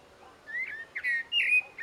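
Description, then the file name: Eurasian blackbird singing a few quick, rich fluted notes, the loudest and highest late in the phrase, over quiet background hiss. "Turdus merula"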